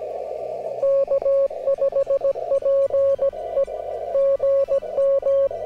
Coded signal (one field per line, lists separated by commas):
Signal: Morse code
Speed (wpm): 17 wpm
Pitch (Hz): 560 Hz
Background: radio noise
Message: K5PE GM